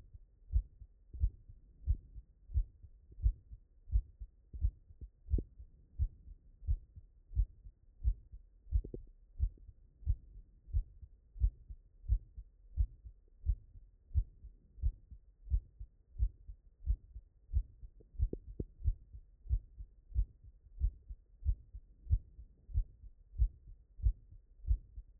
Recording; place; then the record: heart sounds by stethoscope; tricuspid valve (TV)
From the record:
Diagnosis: non-HFrEF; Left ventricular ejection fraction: 73%